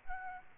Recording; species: mosquito wingbeat signal from an infrared sensor; Aedes albopictus